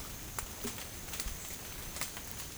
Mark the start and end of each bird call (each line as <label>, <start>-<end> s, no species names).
bird call, 1.31-2.58 s